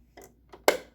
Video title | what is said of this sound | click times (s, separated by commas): The Housing Market is out of Control! Barbie "Totally Real House" Review (2005) | and you can hear them snap | 0.7 s